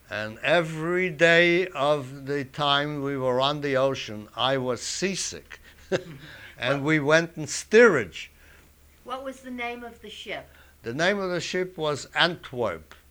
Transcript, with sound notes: And every day of the time we were on the ocean, I was seasick. ( he laughs ) And we went in steerage.
What was the name of the ship?
The name of the ship was Antwerp.